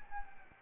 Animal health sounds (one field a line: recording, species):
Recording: mosquito wingbeat signal from an infrared sensor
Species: Anopheles gambiae